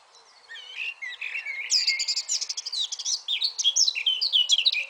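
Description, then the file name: Eurasian blackcap song building from soft, quiet notes into a loud, rapid warble. "Sylvia atricapilla"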